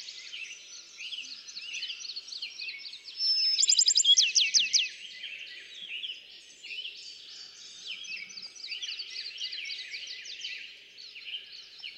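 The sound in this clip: Bachman's sparrow: a brief whistled note breaking into a fast trill of sharp, repeated notes, with a background chorus of many other birds.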